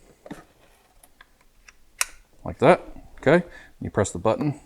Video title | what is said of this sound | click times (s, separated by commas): Adams Mini SK Pro Swirl Killer! Extremely Smooth 3 Inch Polisher! | seems pretty nice this should click in like | 2.0 s